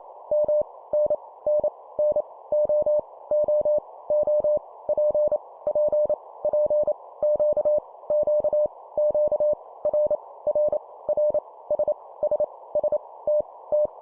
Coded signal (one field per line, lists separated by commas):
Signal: Morse code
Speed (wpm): 28 wpm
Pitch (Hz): 600 Hz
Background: none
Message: M N N N O O O P P P Q Q Q R R R S S S T T